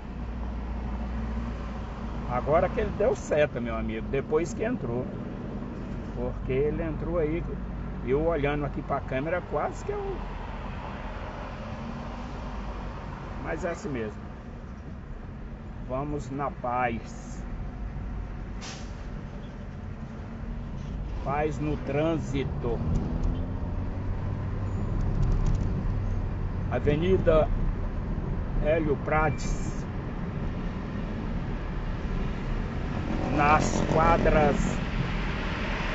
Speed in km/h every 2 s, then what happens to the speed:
12, 16, 20, 20, 16, 20, 14, 16, 20, 17, 24, 40, 39, 36, 39, 41, 42, 39.
0-4 speeds up to 20. 4-19 steady at about 17. 19-22 speeds up to 40. 22-36 steady at about 39.